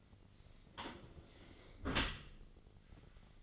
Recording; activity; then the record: daily activity, microphone in the room; close dishwasher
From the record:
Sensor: 4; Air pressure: 1003.9 hPa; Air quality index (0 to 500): 152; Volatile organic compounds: 2 ppm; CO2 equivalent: 1081 ppm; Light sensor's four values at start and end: 27/64/27/29 and 28/67/28/30